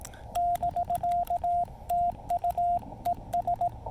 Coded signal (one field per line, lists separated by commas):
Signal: Morse code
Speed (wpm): 18 wpm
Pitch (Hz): 700 Hz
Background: radio noise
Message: <BK> TU ES